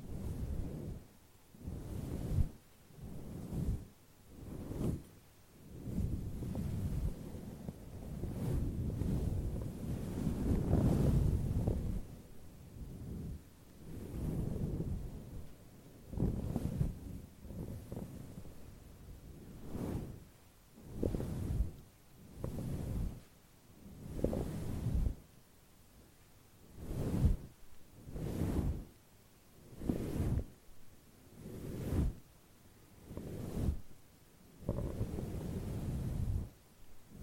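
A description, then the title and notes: A wind muff is rubbed against a microphone in repeated strokes, each a low, muffled rushing swell lasting about a second. The strokes come roughly every second or two, heaviest and most continuous around the ten-to-fifteen-second mark, with brief quiet gaps between them. ASMR Brushing. Stroking the mic with the wind muff (intense).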